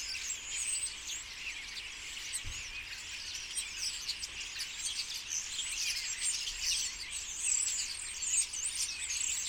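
Common starlings in chorus, a constant jumble of high chirps and whistles, with a faint low knock around two and a half seconds.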